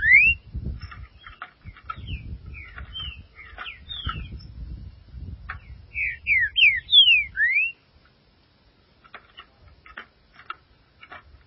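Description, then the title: Green-winged saltator song: two whistled phrases of slurred, falling and rising notes, the second louder with four strong whistles, over low rumbling noise. "Trinca Ferro"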